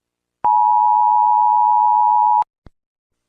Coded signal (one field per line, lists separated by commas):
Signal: Emergency Alert System (SAME) tones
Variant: 853 and 960 Hz attention tone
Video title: eas alarm prank